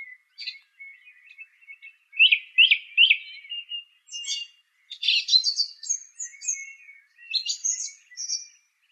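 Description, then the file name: Song thrush song: series of repeated notes followed by dense, scratchy high twittering phrases. "suara kicauan burung song thrush. omkicau"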